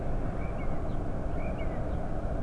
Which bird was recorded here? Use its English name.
Common Blackbird